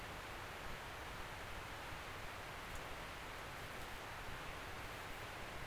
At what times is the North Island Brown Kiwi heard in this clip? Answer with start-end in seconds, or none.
none